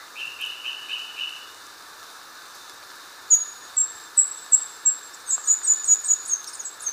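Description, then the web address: Indigo flowerpiercer song: a lower buzzy trill opens, then a run of sharp, very high thin notes that speeds into a rapid twittering series. Recorded in Ecuador. "Natures Songs S America Birds of Ecuador Indigo Flowerpiercer"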